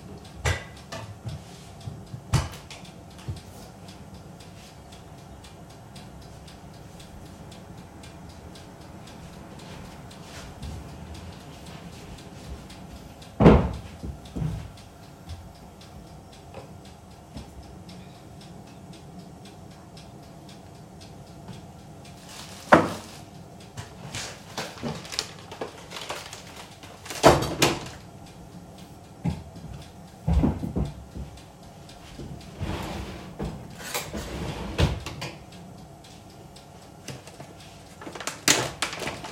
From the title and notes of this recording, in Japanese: 生活音だけ。毎日の生活の音。